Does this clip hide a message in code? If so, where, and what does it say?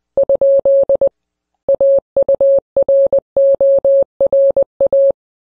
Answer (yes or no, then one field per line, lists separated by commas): yes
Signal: Morse code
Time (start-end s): 0.2-5.1 s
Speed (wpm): 20 wpm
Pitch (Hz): 550 Hz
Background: none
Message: ? AURORA